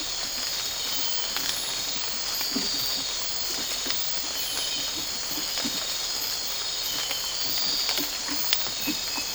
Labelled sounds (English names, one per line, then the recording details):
none
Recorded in dense forest near Puerto Asís, Putumayo, Colombia, on 8 March 2025 at 04:00
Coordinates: 0.467, -76.328
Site G041